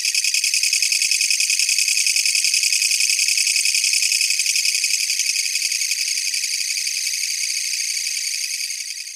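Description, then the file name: Japanese katydid song, an intense high rattling drone of fast regular pulses, steady and fading slightly at the end. "kutsuwamushi"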